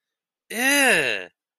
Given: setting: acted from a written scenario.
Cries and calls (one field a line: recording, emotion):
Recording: vocal sound without words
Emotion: negative surprise